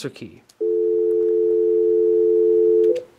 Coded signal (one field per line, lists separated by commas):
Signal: telephone call progress tone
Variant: North America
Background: speech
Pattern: dial tone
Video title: Admin Phone Training